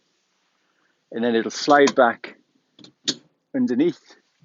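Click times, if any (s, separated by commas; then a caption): none. A slide-out bed/shelf in a camper trailer is being handled after its blue latches are pressed down, ready to be pushed back underneath, while someone talks. A few faint short taps come at about 2.8 s, but nothing has seated or clicked into place yet.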